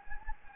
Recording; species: mosquito wingbeat signal from an infrared sensor; Anopheles gambiae